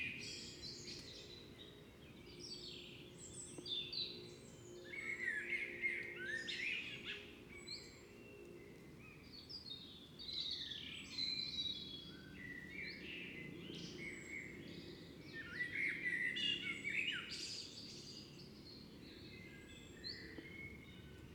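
An evening outside a fox den, filled with a dense chorus of birds chirping and singing in overlapping bright phrases for the whole stretch. The calls swell louder around five to seven seconds and again near sixteen seconds, over a steady low rumble.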